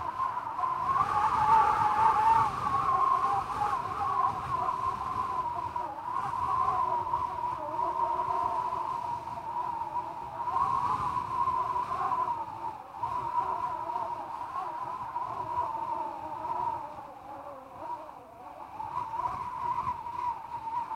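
Cold wind blows steadily, carrying a wavering whistle around a mid-high tone that rises and dips in slow swells. A low rumble of gusting air runs underneath, with stronger surges near the start and around ten seconds, easing briefly near thirteen and eighteen seconds.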